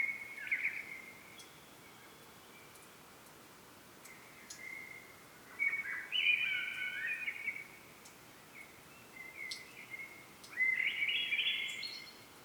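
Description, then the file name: Common blackbird producing several short, fluty phrases scattered throughout, some ending in squeaky twitters, amid quiet gaps. "Turdus merula"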